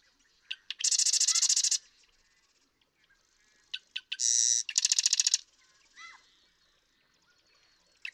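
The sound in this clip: Marsh Wren with two songs, each a few clicking notes leading into a loud, rapid, grating trill roughly a second long.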